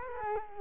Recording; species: mosquito wingbeat signal from an infrared sensor; Culex quinquefasciatus